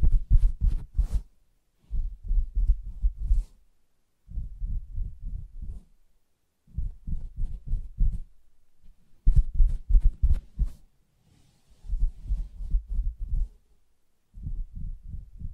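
Soft tapping and scratching on a fabric surface in short bursts of muffled, thumping taps, with brief silent pauses between groups.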